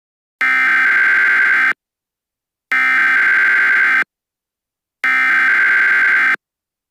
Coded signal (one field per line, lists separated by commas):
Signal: Emergency Alert System (SAME) tones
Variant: header bursts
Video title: Over Heated: An EAS Scenario